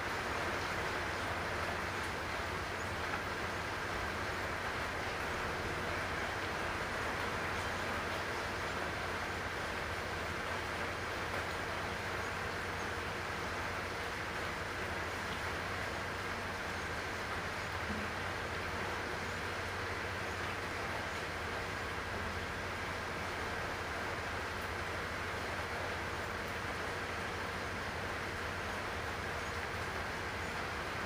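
Rain falls in a steady, dense hiss for the whole half minute, with a constant low rumble underneath and no separate drops or events.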